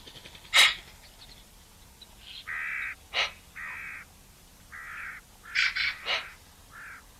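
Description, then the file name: Eurasian magpie making sharp clicking notes and drawn-out, flat nasal squawks, spaced irregularly throughout with quiet gaps between. "Pica pica"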